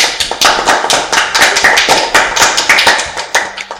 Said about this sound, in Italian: E ragazzi, bentornati alla cena dei regini. Applausi!